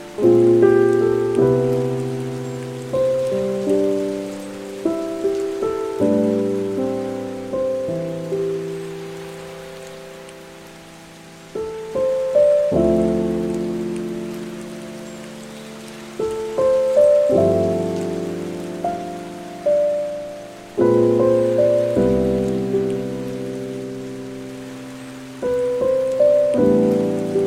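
Slow, gentle piano chords ring and fade every second or two over a soft, steady hiss of rain in the background.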